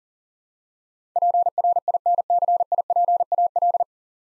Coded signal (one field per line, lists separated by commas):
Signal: Morse code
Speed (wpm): 40 wpm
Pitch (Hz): 700 Hz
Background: none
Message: PRINCIPAL